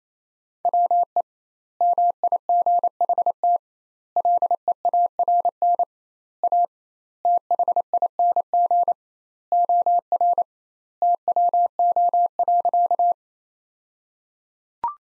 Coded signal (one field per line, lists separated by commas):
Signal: Morse code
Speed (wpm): 28 wpm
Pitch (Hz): 700 Hz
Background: none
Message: WE MIGHT LEARN A THING OR TWO.